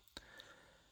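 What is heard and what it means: A tiny Phillips screw is turned backwards in the plastic shell of a Game Boy Micro handheld console until it drops into the start of the thread with a small, sharp click at 0.2 s, before it is tightened. Fainter ticks sound around 0.1 s and 0.4 s against a quiet background. The screw is seated in its thread.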